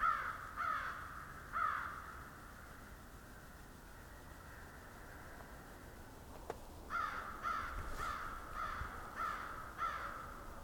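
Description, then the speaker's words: Crow caws in two bursts, a few rough calls at the start, then a pause, then a longer series of evenly spaced harsh caws over low hiss. Flock of crows, vocalizing loudly but far away and sounding muffled; recorded on the first day of 2021. "You can hear kind of a muffled flock of crows."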